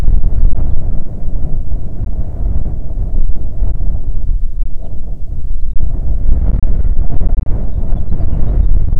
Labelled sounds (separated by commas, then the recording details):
songbird, wind
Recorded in the Prudhoe Bay oil fields, Alaska, on 6 June 2019 at 14:03
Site 16